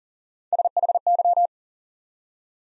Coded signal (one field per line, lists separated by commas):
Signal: Morse code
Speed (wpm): 38 wpm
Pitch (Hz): 700 Hz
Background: none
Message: SHY